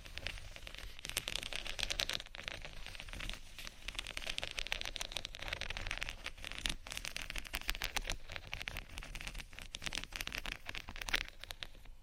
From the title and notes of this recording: ASMR Crystal Sticker Sheet Scratch & Tap（No Talking）.